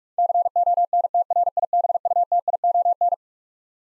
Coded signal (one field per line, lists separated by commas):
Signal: Morse code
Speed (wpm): 46 wpm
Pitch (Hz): 700 Hz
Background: none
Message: CONTRIBUTION